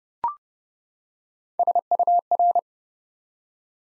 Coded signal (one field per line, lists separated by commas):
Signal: Morse code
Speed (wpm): 30 wpm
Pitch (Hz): 700 Hz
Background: none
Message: SUR